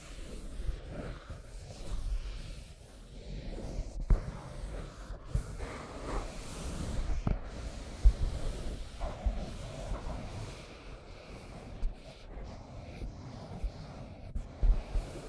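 Scratching and tracing sounds with a dry, rough, continuous texture that rises and falls in uneven strokes. Sharp little clicks and taps break through now and then, around 4, 8 and near 15 seconds, over a low rumble.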